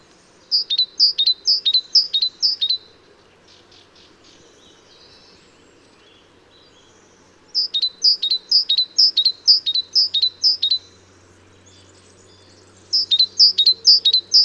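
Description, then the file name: Great tit calls in three bursts of sharp, high, evenly spaced notes, with quiet pauses between the bursts and a faint low hum later. "Parus major"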